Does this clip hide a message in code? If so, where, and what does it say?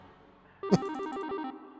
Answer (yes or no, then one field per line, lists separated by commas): no